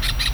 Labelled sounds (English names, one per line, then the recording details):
Brown-throated Parakeet contact call
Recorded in Venezuela
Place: Tumeremo, Edo. Bolívar
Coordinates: 7.209, -61.364